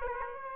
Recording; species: mosquito wingbeat signal from an infrared sensor; Aedes aegypti